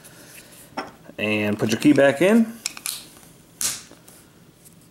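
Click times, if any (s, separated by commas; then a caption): 3.6 s. After a new CR2032 coin cell is fitted, the emergency key is pushed back into the plastic housing of an Audi A4, A5, Q7 or TT remote key fob, and the fob is squeezed so the cover snaps shut. Someone talks, then light mechanical ticks follow, and a sharp snap at 3.6 s marks the key and battery cover seating in place.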